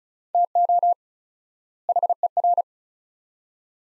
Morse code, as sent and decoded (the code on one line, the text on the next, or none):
- --- / .... . .-.
TO HER